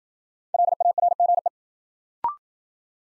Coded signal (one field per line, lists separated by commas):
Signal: Morse code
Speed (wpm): 53 wpm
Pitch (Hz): 700 Hz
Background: none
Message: LARGE